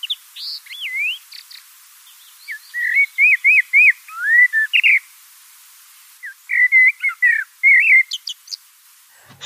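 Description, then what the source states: Common blackbird delivering fluty warbled phrases with rolling whistled notes, pauses between bursts, and thin high squeaky endings to some phrases. Song described as fluty, one of the most beautiful and melodious voices of European birds.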